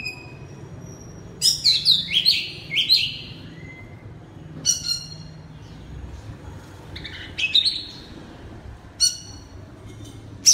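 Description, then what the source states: Oriental magpie-robin singing in loud bursts of sharp whistles and quick slurred notes, separated by gaps of near silence. Loud (keras) song in the ngeplong style.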